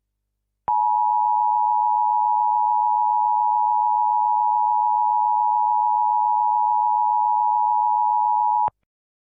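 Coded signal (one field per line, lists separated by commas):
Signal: Emergency Alert System (SAME) tones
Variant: 853 and 960 Hz attention tone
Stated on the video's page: Fictional scenario alert, a recreation rather than a real activation.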